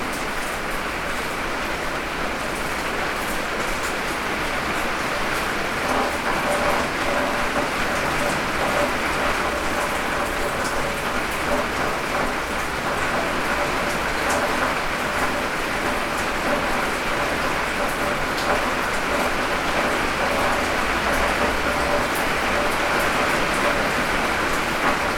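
Rain falls steadily on a shed roof, a dense, even patter of countless small drops with a slightly brighter edge. The level holds constant throughout, with scattered ticks and a faint low rumble underneath, like water running through a gutter.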